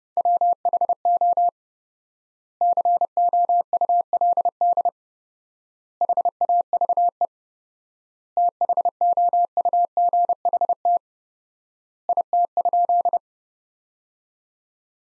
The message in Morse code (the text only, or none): WHO COULD HAVE THOUGHT IT?